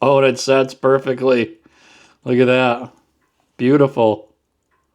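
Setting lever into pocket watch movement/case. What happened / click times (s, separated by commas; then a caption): Handled, not yet home: no seating click is heard / none. Someone talks while handling an antique lever-set pocket watch after setting its hands, with the small metal setting lever still pulled out of the movement and case. Nothing has seated or clicked yet: the lever has not been snapped back into its closed position.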